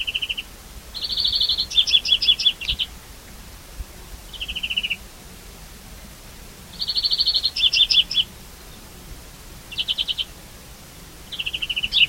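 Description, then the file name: European greenfinch calling with short descending buzzy notes and fast twittering series, several bouts spaced a few seconds apart. "Chloris chloris"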